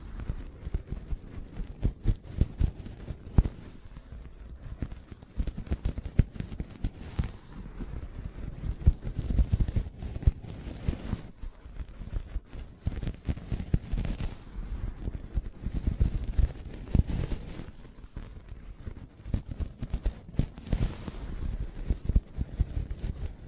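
Soft tapping and scratching on a fabric surface, a dense run of muffled, low thuds and rubbing strokes that continues without pause for the whole clip. The taps come quickly and unevenly, with brief brighter scrapes now and then and no other sounds behind them.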